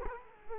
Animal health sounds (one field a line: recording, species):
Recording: mosquito wingbeat signal from an infrared sensor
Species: Culex quinquefasciatus